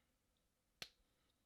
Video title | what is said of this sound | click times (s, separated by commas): Ronin Warriors Sage by 1000Toys | there you go you hear that snap so already we got the head piece | 0.8 s